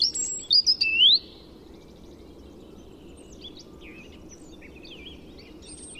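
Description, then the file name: European robin opening with sharp high notes and a clear rising whistle, followed by much fainter, scattered twittering phrases against a steady low hiss. "Erithacus rubecula"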